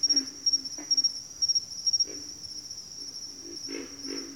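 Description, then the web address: Pig frog giving a few low grunts over rhythmic pulsed cricket chirps. "Natures Songs Sleep Sounds of Nature CRICKETS Pig Frogs"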